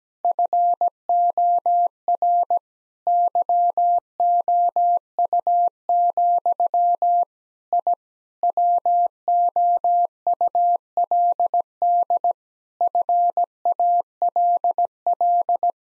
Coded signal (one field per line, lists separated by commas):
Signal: Morse code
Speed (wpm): 17 wpm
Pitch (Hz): 700 Hz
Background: none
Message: FOR YOU, I WOULD FALL